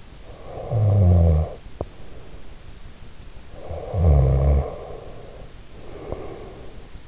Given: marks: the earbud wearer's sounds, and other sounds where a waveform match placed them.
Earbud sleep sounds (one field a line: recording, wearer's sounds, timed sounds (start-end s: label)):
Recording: sounds in sleep by an in-ear microphone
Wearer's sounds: snoring breath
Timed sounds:
0.29-2.40 s: snoring breath
3.38-6.92 s: snoring breath